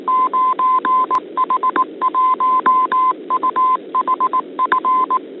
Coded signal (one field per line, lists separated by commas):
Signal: Morse code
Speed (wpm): 19 wpm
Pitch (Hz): 1030 Hz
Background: none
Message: 9H1UHF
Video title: 05. 9H-HAM GlobalNet - Main topic - LINUX for HAM Radio [08 Apr 2021]